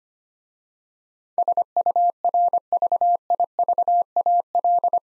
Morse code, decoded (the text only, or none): SURVIVAL